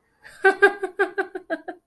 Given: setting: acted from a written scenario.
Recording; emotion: vocal sound without words; amusement